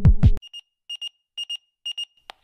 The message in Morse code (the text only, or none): none